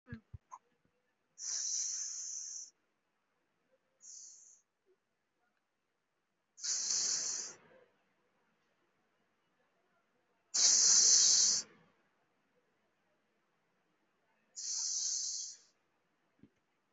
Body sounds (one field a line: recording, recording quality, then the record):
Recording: shallow breathing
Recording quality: excellent, no background noise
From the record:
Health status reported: respiratory illness, not identified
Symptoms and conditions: cough, cold, breathing difficulty, sore throat, fatigue, muscle pain, pneumonia, another respiratory illness, another condition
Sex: female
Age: 52 years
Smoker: no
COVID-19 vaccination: one dose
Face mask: worn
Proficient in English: no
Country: India